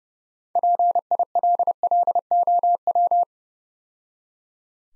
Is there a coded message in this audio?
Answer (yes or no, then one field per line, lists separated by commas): yes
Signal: Morse code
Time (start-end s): 0.6-3.2 s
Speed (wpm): 33 wpm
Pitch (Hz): 700 Hz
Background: none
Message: PILLOW